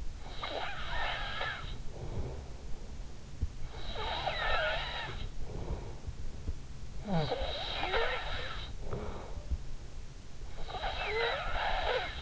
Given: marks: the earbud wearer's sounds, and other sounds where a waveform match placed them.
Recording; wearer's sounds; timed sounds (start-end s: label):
sounds in sleep by an in-ear microphone; snoring breath
0.00-12.22 s: snoring breath